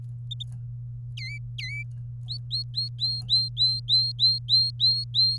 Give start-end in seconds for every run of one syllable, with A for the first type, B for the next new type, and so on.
1.17-1.82 A, 2.28-5.38 B